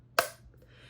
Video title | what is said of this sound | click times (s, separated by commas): Diamond Art Club First Look! – Mystery Kit #84 – Halloween by Molly Harrison | Once you hear the click, | 0.2 s